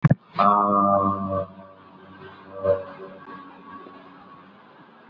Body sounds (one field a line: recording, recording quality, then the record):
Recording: sustained vowel as in made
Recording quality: excellent, no background noise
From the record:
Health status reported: COVID-19 positive, mild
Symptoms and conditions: cough, cold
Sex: male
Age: 54 years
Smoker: not ticked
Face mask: worn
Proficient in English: yes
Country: India